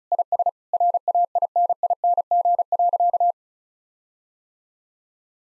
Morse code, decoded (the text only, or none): IS RAINING.